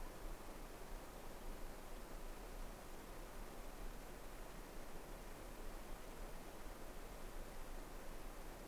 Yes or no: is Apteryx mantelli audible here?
no